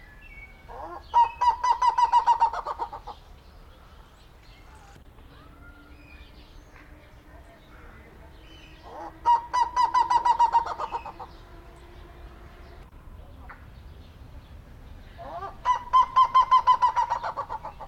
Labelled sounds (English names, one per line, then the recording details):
Black-legged Seriema call
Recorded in captivity
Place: Zoo Berlin, Berlin, DE
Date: 1992-07-25 11:25
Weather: sonnig (heiter - schwül), 23-26°C
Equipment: Marantz CP 430, Sennheiser ME 80, Kopie Tesla B 116
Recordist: Tembrock, Günter